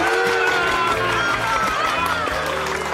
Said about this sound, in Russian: Аплодирует активнее всех. Браво!